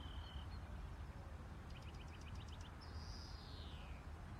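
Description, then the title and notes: European greenfinch song: a brief whistle, a rapid series of twittering notes, then a long buzzy wheeze descending in pitch, with low rumble throughout. Lake District, UK; recorded April 7, 2023; song includes a screeching part. "Greenfinch in the Lake District, UK. Notice the "screeching" part of the song! Recorded April 7th, 2023"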